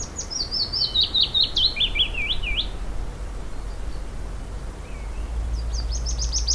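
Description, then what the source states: Willow warbler song: a clear cascade of soft whistled notes falling in pitch over a few seconds, with a second phrase beginning near the end; low background rumble. First willow warbler of the spring, in a tree right next to the walkers; three descending song phrases recorded before it was scared off.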